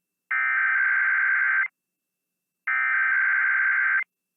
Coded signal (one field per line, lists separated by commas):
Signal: Emergency Alert System (SAME) tones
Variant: header bursts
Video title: KSL Stations Automated Weekly Tests (EAS #14468-14471) 12/23/23